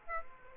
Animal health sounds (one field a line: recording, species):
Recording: mosquito wingbeat signal from an infrared sensor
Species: Aedes aegypti